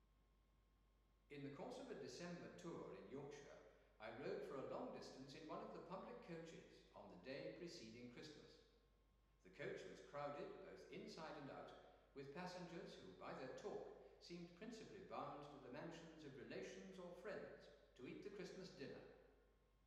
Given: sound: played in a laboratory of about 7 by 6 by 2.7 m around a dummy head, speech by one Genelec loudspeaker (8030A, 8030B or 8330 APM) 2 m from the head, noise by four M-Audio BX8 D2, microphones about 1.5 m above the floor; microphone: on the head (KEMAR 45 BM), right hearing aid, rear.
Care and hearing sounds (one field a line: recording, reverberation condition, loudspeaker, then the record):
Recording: male speech in English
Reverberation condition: high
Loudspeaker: 60 degrees to the right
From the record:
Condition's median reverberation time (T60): about 1300 ms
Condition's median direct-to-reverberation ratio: about -4.0 dB